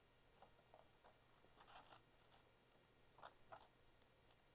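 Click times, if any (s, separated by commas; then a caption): 3.3 s. A red wire's terminal pin is pushed into position 13 of a Yamaha YZF R7 ECU wiring connector housing during a FlashTune tune kit install, with the pin's relief facing upward. Faint scratchy handling ticks come first, then a very light, sharp click at 3.3 s as the pin clips and locks into place, with a softer tick shortly after.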